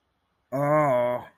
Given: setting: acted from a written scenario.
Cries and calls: vocal sound without words; distress

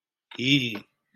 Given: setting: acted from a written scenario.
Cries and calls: vocal sound without words; fear

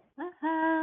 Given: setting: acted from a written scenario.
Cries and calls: vocal sound without words; triumph

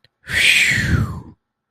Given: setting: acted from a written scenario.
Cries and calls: vocal sound without words; relief

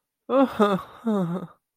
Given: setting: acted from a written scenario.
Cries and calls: vocal sound without words; embarrassment

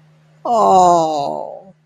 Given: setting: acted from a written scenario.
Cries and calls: vocal sound without words; sadness

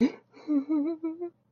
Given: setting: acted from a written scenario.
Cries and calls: vocal sound without words; fear

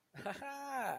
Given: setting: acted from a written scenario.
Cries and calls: vocal sound without words; amusement

